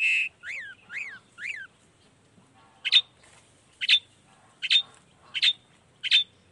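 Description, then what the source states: Long-tailed shrike song: a steady note and three arched, nasal whistled notes, then five sharp harsh notes. Shrike in full song in the morning, used to stimulate lazy, silent shrikes to start singing; 'toet toet' sound variation.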